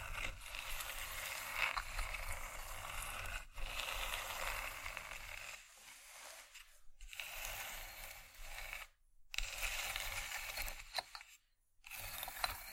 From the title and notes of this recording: ASMR Wooden Triggers 1hour（No Talking）.